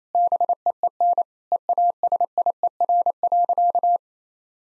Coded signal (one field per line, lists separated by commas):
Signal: Morse code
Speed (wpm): 28 wpm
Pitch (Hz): 700 Hz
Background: none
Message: BEEN EASIER.